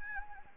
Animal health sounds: mosquito wingbeat signal from an infrared sensor; Anopheles gambiae

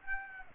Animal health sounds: mosquito wingbeat signal from an infrared sensor; Aedes aegypti

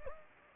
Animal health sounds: mosquito wingbeat signal from an infrared sensor; Anopheles gambiae

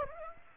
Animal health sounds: mosquito wingbeat signal from an infrared sensor; Aedes aegypti

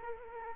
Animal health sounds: mosquito wingbeat signal from an infrared sensor; Culex quinquefasciatus

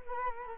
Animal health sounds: mosquito wingbeat signal from an infrared sensor; Culex quinquefasciatus

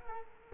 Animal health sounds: mosquito wingbeat signal from an infrared sensor; Culex quinquefasciatus

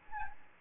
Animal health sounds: mosquito wingbeat signal from an infrared sensor; Aedes albopictus

